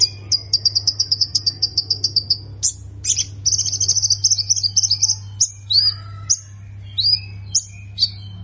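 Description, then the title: Plain prinia song: rapid runs of thin, high, buzzy notes, then scattered sharp downslurred chirps and whistles, over a steady low electrical hum. "Ciblek Sawah"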